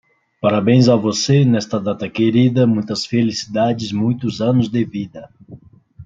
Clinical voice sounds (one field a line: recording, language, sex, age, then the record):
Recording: short text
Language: Brazilian Portuguese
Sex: male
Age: 30 to 39 years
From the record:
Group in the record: control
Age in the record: 30 years